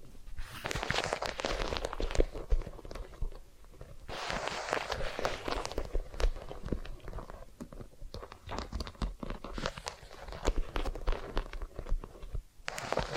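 Massage and ear-cleaning sounds: dense, close scratching and rubbing with crackly, crunchy textures that rise and fall in bursts throughout. Bright rustling flares around four seconds and again near eight to ten seconds, with a quieter dip near the twelfth second before resuming.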